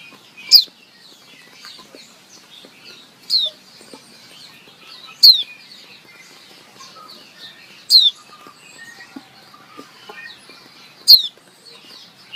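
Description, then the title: White-eye repeating a piercing, falling whistle five times at uneven intervals, against steady soft high-pitched chatter. Female calling to a male to stimulate his singing; used as a training or therapy recording. "Suara Pleci Betina Memanggil Jantan agar Gacor - Suara Pleci Betina untuk Terapi. Leyden Fugle"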